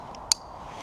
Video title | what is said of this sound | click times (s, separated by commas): Yaesu VX-7R Submersible Handheld Radio Review (GoPro Hero 3+) | and you hear the click now | 0.3 s